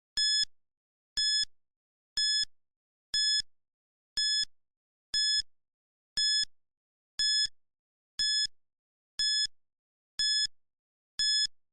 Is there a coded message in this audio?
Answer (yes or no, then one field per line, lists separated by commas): no